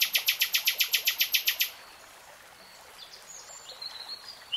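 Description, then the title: Nightingale song: a rapid series of about twelve loud, harsh, evenly spaced pulses, then quieter high notes over a steady hiss. Nightingale singing in real time. "Tiếng chim hót Nightingale Singing"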